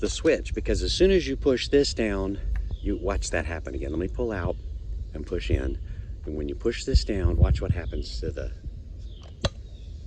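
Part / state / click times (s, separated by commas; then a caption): high-idle throttle latch on a chainsaw's rear handle / released / 9.5 s. A chainsaw's high-idle throttle latch on the rear handle is released when the throttle trigger is pushed down, dropping the saw from high idle back to low throttle. Someone talks throughout, and a sharp click is heard at 9.4 s as the high-idle lock clicks off.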